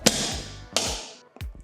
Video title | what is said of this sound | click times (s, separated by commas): New for 2025, Updated Korniche Roof Lantern Installation Guide | Clicked into place. Perfect. | 0.1 s